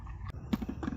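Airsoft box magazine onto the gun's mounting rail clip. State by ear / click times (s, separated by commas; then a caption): not seated / none. The electric 2,400-round detachable box magazine of an airsoft M249 Para is handled and slid toward the gun's mounting rail and plastic locking clip, making light plastic scraping and knocking, with brief bumps at about 0.1 s and 0.5 s. Nothing has seated or clicked yet; the magazine is not yet home.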